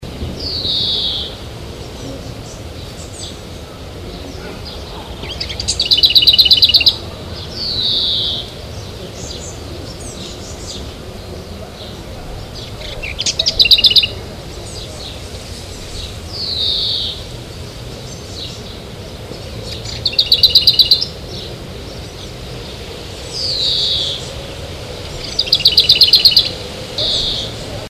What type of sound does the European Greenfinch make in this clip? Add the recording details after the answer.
call. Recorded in the wild. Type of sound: call. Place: Fröndenberg/ Ruhr, Nordrhein-Westfalen, DE. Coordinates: 51.47, 7.77. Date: 1985-06-17. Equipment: Sony WM-D6C, Big Ear. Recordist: Skiba, Reinald